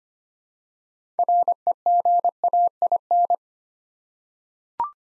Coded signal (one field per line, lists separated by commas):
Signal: Morse code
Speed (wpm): 25 wpm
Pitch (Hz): 700 Hz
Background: none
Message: REGAIN